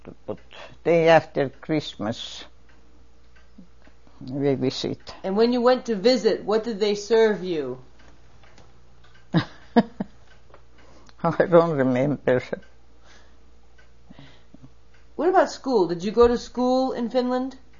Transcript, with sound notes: The day after Christmas we visit.
And when you went to visit what did they serve you?
(laughs) I don't remember.
What about school did you go to school in Finland?